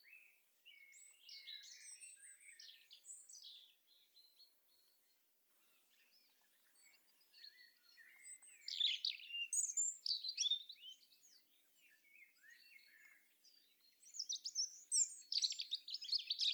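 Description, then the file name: European robin song, varied high twittering phrases with thin whistles and trills, delivered in bursts separated by short pauses, louder phrases near the middle and end. "Erithacus rubecula"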